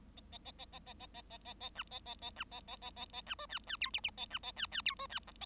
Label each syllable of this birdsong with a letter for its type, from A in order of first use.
A A A A A A A A A A A B A A A B A A A A A B C D D E F F A B A D D E C D G A